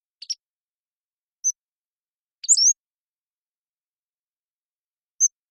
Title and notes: Pacific-Slope Flycatcher, Empidonax difficilis A long song sequence